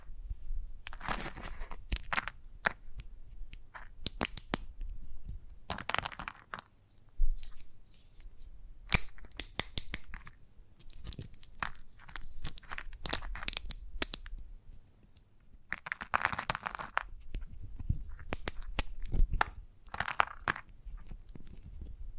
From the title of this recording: Chalk Sounds Tapping, Scratching, Carving etc